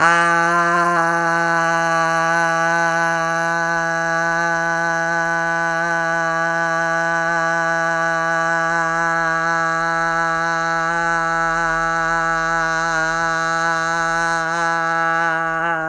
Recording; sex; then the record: sustained vowel /a/; female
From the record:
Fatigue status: no fatigue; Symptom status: symptomatic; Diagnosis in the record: COVID-19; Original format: m4a